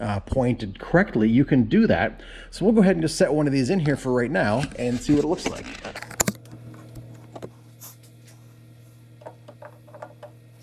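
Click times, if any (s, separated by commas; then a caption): none. Someone talks while setting a GlowTek LED headlight bulb into the headlight housing of a 2005 Ford F350, to be twisted until it locks. A pair of sharp taps lands around 6.2 to 6.3 seconds, followed by quiet handling noises over a steady low hum. Nothing has seated or clicked yet.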